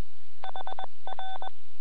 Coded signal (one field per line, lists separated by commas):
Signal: Morse code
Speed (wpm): 21 wpm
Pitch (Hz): 3500 Hz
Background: none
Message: HR